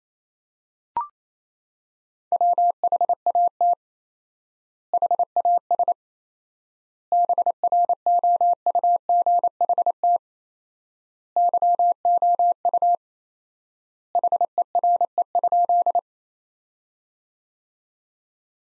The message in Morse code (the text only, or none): WHAT HAS BROUGHT YOU HERE?